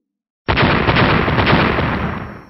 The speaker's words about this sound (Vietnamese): Giữa không trung lập tức vang lên tiếng nổ mãnh liệt, vô số hồ quang điện màu bạc từ cơ thể của hắn bắn ra, lập tức hình thành một trận pháp lôi quang lập lòe ánh sáng bạc xung quanh hắn.